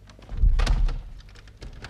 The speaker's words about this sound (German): Ich öffne eine der Türen. Wohin führt sie? Schlüpfe in einen fremden Raum, schließe hinter mir ab.